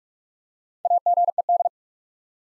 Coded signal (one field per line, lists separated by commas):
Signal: Morse code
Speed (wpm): 44 wpm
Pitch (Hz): 700 Hz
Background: none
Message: AGED